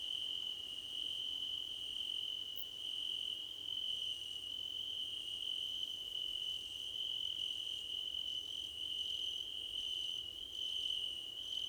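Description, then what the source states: Crickets trilling steadily on one high, unbroken note, with faint higher chirps flickering in now and then, strongest toward the end. Crickets in a choir competition.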